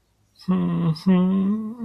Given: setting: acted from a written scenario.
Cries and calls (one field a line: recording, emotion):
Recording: vocal sound without words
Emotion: guilt